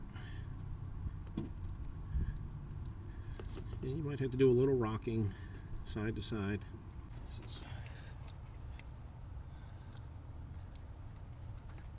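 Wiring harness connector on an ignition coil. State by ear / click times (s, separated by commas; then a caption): released / 10.0 s, 10.8 s. Someone talks while pinching the tab on a plastic wiring harness connector and rocking it side to side on an ignition coil of a 2016-2024 Nissan Titan. Sharp clicks are heard at 10.0 s and 10.8 s as the connector pops off the coil and is released.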